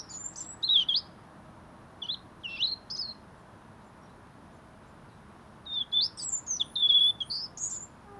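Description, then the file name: European robin singing high, thin warbled phrases, a short burst near the start, another around two seconds, then a longer tumbling run after a pause; faint steady background hiss. "Erithacus rubecula"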